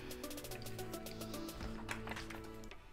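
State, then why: Not seated. A front wheel is handled onto the front leg of a Baby Trend Sit N Stand Ultra Millennium double stroller over steady background music, with several short knocks and taps of handling. The clip ends before the wheel locks into place, so nothing has seated or clicked yet.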